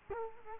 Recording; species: mosquito wingbeat signal from an infrared sensor; Culex quinquefasciatus